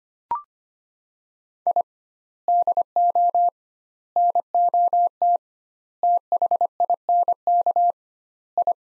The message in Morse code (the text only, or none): I DO NOT THINK I